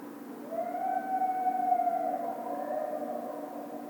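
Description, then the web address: Coyote howl: one long, drawn-out tone that rises at the start, holds steady, then fades and sags. A low hum runs underneath. Recorded 1 February 2010. "Coyote 2010 02 01 07 howl"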